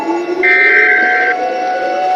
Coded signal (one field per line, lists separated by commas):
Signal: Emergency Alert System (SAME) tones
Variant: header bursts